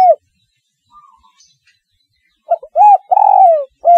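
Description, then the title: Spotted dove cooing: a low hooted note, then after a pause a run of arched, rolling coos. "Tekukur"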